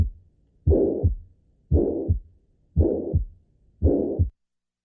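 Adult heart by stethoscope, about 57 beats per minute. Holosystolic mitral regurgitation murmur that starts loud with the first heart sound, fades gradually through systole and extends all the way to the second heart sound.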